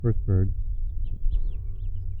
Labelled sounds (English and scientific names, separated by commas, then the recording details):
House Finch (Haemorhous mexicanus) song
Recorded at Babylon on Long Island, New York, on 22 May 1975
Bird C